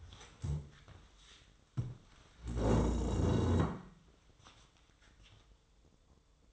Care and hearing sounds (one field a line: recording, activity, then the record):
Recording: daily activity, microphone in the room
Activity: stand up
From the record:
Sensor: 3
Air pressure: 1005.3 hPa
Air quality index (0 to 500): 96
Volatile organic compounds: 3 ppm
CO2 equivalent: 1506 ppm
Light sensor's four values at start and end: 10/22/9/9 and 9/20/8/8